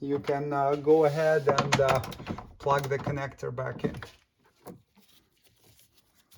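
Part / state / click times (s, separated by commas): wiring harness connector into rear wiper motor / not seated / none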